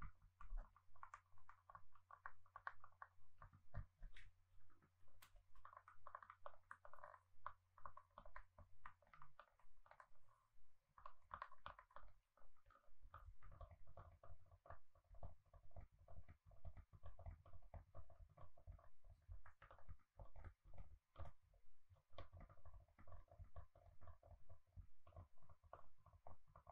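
Gentle tapping goes on almost without pause, a quick, uneven patter of small, crisp taps. A low steady hum sits beneath for the first nine seconds, then gives way to a fuller, softer rumble.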